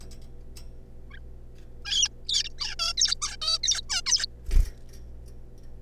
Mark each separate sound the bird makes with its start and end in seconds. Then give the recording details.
1.10-1.19, 1.85-2.08, 2.28-2.43, 2.44-2.49, 2.58-2.75, 2.79-2.93, 2.98-3.15, 3.22-3.36, 3.42-3.58, 3.63-3.81, 3.89-4.01, 4.06-4.26. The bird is a juvenile. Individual R3549